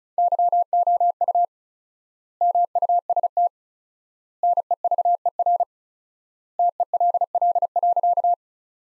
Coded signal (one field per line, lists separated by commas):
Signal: Morse code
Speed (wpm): 36 wpm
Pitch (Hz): 700 Hz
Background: none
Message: YOU MUST NEVER TELL.